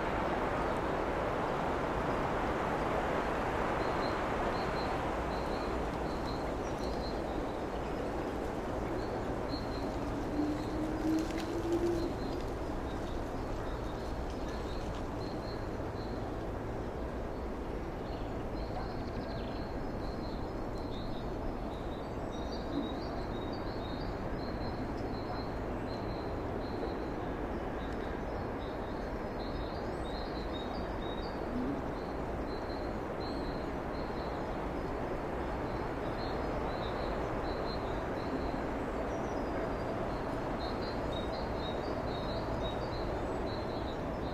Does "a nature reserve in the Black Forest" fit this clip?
yes